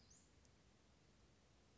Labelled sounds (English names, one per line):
Western Flycatcher